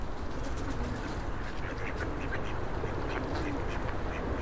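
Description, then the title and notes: Ducks giving short, scattered quacks over a steady rumble of passing traffic. Ducks fed by passers-by on the Old Town Promenade, Stare Miasto, Wrocław, at 16:00, with passing cars and buses; recorded on Sony PCM-D50 with Rode NT4 microphone and FEL BMA preamplifier. "Kaczki i gołębie na Promenadzie Staromiejskiej cz.2 Lokalizacja: Stare Miasto Czas: , 16.00. Opis: Kaczki i gołębie karmione przez przechodniów. Odgłosy przejeżdżających samochodów i autobusów."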